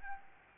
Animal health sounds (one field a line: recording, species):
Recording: mosquito wingbeat signal from an infrared sensor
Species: Aedes albopictus